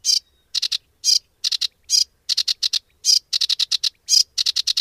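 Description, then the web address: Sedge warbler song of harsh, dry chattering notes given singly and in quick bursts of three to five, repeated steadily. "agykontroll Madardalok Cd 3. Foltos nádiposzáta"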